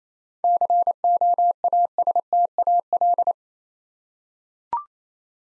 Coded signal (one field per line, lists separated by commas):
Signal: Morse code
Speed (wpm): 27 wpm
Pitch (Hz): 700 Hz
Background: none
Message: COASTAL